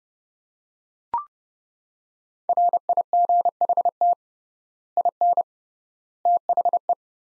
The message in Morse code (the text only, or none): RIGHT IN THE